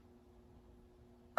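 Two halves of a Campagnolo Chorus or Record 10-speed bicycle rear derailleur are joined by hand, pushing the derailleur component into the derailleur body. A quiet, steady low hum runs through the stretch until a single sharp, brief click at 1.4 s, and the part is confirmed seated.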